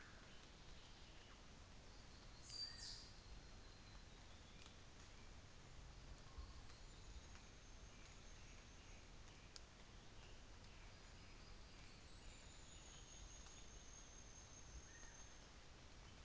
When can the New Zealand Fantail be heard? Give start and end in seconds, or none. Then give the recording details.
6.34-9.28, 11.83-15.52. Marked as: faintness 5/5, faintness 2/5. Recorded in New Zealand on 24 December 2018. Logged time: 10:15